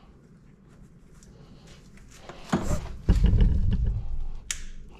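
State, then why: Seated. A plastic fuel optimizer wiring harness connector is pushed by feel into its mating plug on a Can-Am Outlander ATV during an HMF exhaust install. Low rustling and handling noises build up, and a sharp, loud click at 4.5 s confirms the connector has seated.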